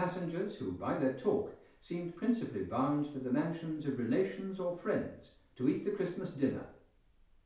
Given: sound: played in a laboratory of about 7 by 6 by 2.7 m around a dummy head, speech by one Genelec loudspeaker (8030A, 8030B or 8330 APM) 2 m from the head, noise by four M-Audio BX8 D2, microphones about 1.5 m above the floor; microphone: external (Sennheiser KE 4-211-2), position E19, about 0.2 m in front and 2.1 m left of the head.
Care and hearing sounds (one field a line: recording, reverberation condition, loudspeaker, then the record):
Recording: male speech in English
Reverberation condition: medium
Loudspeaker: 150 degrees to the right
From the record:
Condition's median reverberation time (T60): about 510 ms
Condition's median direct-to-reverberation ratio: about -0.5 dB